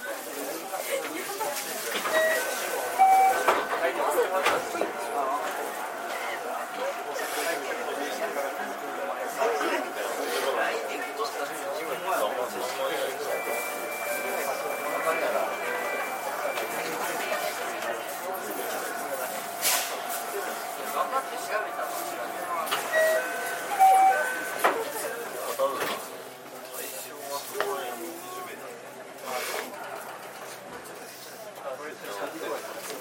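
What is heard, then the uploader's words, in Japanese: A JR 323 series train with voices speaking throughout. A steady mid-pitched whine holds from about 2 to 25 seconds, joined by a higher tone midway, over a constant rumble with scattered clicks. After 25 seconds the whine stops and the sound turns quieter. JR323系 桃谷→桃谷。朝早くに乗車して録音しましたが、そこそこ乗客がおり、少し声が聞こえます。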